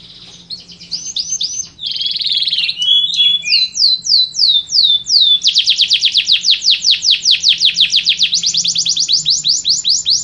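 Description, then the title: Yorkshire canary song opening with mixed whistles and a buzzy trill, then a long steady series of rapid repeated sweeping notes. Yorkshire canary singing a long, vigorous song (gacor). "Suara Burung Kenari Yorkshire Gacor Kicau Panjang"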